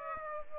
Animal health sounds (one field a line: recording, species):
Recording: mosquito wingbeat signal from an infrared sensor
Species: Aedes aegypti